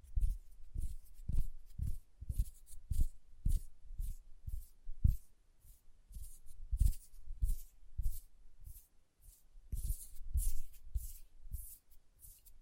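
Hand sounds with nail tapping: a steady run of soft, dull taps, each with a crisp, hissy edge, landing about twice a second. The taps briefly pause near five and nine seconds, then resume with slightly brighter, rustling strokes toward the end.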